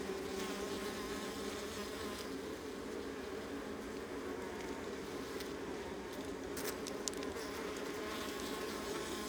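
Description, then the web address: Honey bee colony humming steadily, a thick unbroken buzz with a few brief sharp clicks near the end. Honey bee colony, recorded close, Adriatic sea coast, northern Mediterranean soundscape. "Ivo Vicic - Northern Mediterranean soundscapes - Adriatic sea Honey bee colony close"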